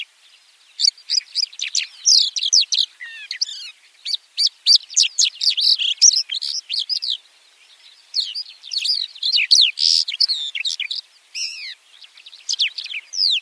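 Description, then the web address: White-winged lark song, a fast jumble of high chirps, trills and twittering notes in dense bursts separated by short pauses. "white winged lark bird call"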